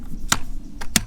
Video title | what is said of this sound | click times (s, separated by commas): The Perfect Ride To Work? HeyBike EC1 ST Commuter EBike Review | go clicks back in there you have a key two keys | 1.0 s